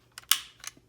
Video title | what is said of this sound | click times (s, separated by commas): SIG PRO 9mm - SP 2009 - Review and Field Strip | push that in until it snaps in you're good to go | 0.3 s